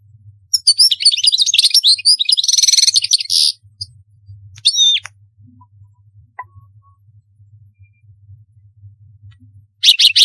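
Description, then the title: European goldfinch song opening with a fast twittering phrase and a buzzy trill, a few scattered notes, a long quiet stretch, then a final burst. "Chant Chardonneret"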